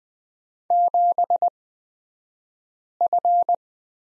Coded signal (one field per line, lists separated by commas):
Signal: Morse code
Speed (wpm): 20 wpm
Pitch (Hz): 700 Hz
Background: none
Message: 7F